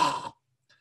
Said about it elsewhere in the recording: Make the sound of a snore through the nose, sorry, through the mouth. You see that mouth snoring stops as soon as you get the mouth closed.